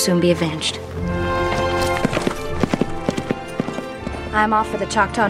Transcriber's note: soundbite of hoof beats